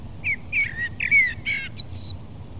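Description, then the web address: Common blackbird singing a fluting phrase of several rich, slurred notes, ending in a thin, high, drawn-out squeaky whistle. "fugler svarttrost"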